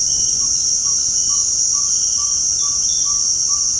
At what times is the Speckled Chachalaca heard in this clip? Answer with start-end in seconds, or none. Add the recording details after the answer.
none. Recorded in secondary vegetation near Puerto Asís, Putumayo, Colombia, on 19 February 2024 at 18:30. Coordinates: 0.489, -76.322. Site G6419